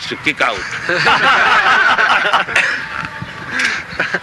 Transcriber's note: laughter